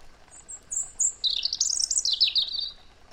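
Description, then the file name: European robin song: thin high whistled notes, then a fluttering, wavering warble that rises and falls across a bright high range. "Erithacus rubecula"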